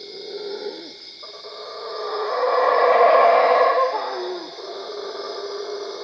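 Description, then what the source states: Howler monkey roar, one loud rasping roar that swells and fades, ending in a falling moan. At Cuevas.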